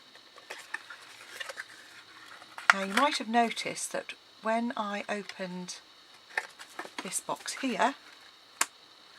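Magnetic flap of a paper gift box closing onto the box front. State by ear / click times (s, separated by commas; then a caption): seated / 8.6 s. Someone talks while handling a paper craft gift box, with a few faint taps along the way. At 8.6 s, the box's front flap closes onto the box front and snaps shut with a sharp tick, held by the small magnets embedded in it.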